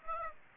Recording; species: mosquito wingbeat signal from an infrared sensor; Aedes aegypti